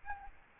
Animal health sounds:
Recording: mosquito wingbeat signal from an infrared sensor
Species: Aedes albopictus

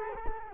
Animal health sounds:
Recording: mosquito wingbeat signal from an infrared sensor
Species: Culex quinquefasciatus

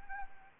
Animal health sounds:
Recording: mosquito wingbeat signal from an infrared sensor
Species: Anopheles arabiensis

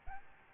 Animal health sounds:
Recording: mosquito wingbeat signal from an infrared sensor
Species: Aedes albopictus

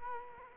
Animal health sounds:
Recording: mosquito wingbeat signal from an infrared sensor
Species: Culex quinquefasciatus

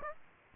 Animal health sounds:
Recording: mosquito wingbeat signal from an infrared sensor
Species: Aedes aegypti

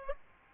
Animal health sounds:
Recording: mosquito wingbeat signal from an infrared sensor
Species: Aedes aegypti

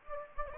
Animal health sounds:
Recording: mosquito wingbeat signal from an infrared sensor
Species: Anopheles gambiae

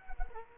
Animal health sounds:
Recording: mosquito wingbeat signal from an infrared sensor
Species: Culex quinquefasciatus

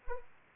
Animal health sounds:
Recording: mosquito wingbeat signal from an infrared sensor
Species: Anopheles arabiensis

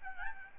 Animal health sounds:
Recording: mosquito wingbeat signal from an infrared sensor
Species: Aedes albopictus

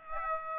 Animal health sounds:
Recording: mosquito wingbeat signal from an infrared sensor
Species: Aedes aegypti

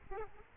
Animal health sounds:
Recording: mosquito wingbeat signal from an infrared sensor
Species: Aedes aegypti

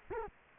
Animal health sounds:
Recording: mosquito wingbeat signal from an infrared sensor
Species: Culex quinquefasciatus

